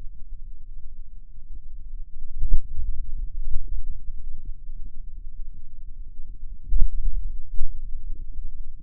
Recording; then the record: forearm muscle sounds (acoustic myography)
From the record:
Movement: hand opening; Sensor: system 2, bracelet of six BSWA MPA416 microphones around the upper forearm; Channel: 5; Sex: male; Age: 22 years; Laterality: right